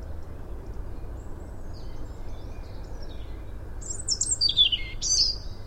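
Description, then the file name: European robin, quiet at first, then a short burst of high, thin, sliding whistled notes near the end, with low background hum. "Erithacus rubecula"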